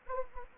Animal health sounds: mosquito wingbeat signal from an infrared sensor; Anopheles gambiae

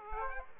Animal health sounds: mosquito wingbeat signal from an infrared sensor; Aedes aegypti

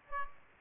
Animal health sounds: mosquito wingbeat signal from an infrared sensor; Aedes aegypti

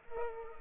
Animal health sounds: mosquito wingbeat signal from an infrared sensor; Culex pipiens

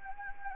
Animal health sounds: mosquito wingbeat signal from an infrared sensor; Anopheles gambiae

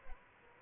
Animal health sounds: mosquito wingbeat signal from an infrared sensor; Aedes albopictus

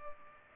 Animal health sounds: mosquito wingbeat signal from an infrared sensor; Culex pipiens

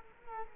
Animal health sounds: mosquito wingbeat signal from an infrared sensor; Culex quinquefasciatus

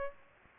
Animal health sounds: mosquito wingbeat signal from an infrared sensor; Aedes aegypti

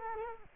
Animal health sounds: mosquito wingbeat signal from an infrared sensor; Culex quinquefasciatus

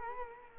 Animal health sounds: mosquito wingbeat signal from an infrared sensor; Culex quinquefasciatus

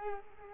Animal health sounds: mosquito wingbeat signal from an infrared sensor; Culex quinquefasciatus

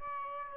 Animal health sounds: mosquito wingbeat signal from an infrared sensor; Aedes albopictus

